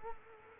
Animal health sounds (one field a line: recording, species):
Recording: mosquito wingbeat signal from an infrared sensor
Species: Culex quinquefasciatus